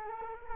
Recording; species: mosquito wingbeat signal from an infrared sensor; Culex quinquefasciatus